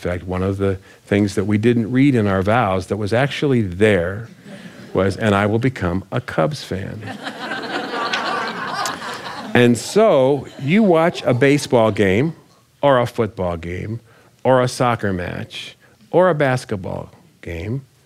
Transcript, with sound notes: In fact, one of the things that we didn’t read in our vows—that was actually there—was, “And I will become a Cubs fan.” (laughter) And so you watch a baseball game or a football game or a soccer match or a basketball game.